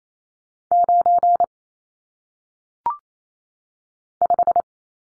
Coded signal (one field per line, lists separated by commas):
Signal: Morse code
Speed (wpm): 28 wpm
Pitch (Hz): 700 Hz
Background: none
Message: 9 5